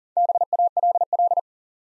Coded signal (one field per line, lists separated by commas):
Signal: Morse code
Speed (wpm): 39 wpm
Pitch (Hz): 700 Hz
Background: none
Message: BALL